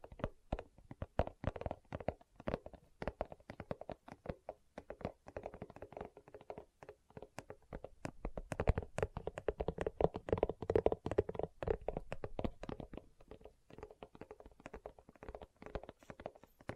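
Fingers tap and scratch on leather in a quick, irregular stream of soft clicks and brushing strokes that continues for the whole stretch. The taps come densely, sometimes in tight bursts, with a dull low-mid body and occasional brighter ticks.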